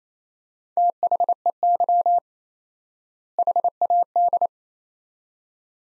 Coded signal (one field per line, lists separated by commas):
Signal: Morse code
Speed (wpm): 28 wpm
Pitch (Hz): 700 Hz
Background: none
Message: THEY HAD